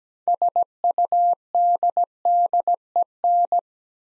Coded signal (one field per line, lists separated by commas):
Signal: Morse code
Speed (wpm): 17 wpm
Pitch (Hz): 700 Hz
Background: none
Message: SUDDEN